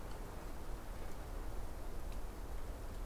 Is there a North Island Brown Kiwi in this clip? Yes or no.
no